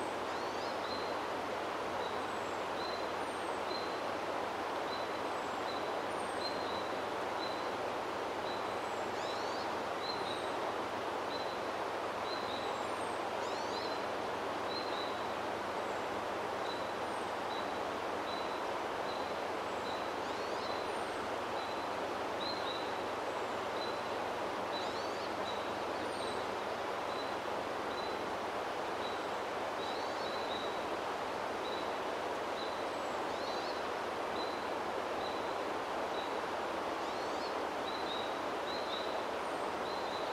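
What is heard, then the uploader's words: The Athabasca River rushes in a steady, dense wash while a small bird repeats short high chirps every second or so throughout. Jasper, AB Canada by the wide and braided Athabasca River.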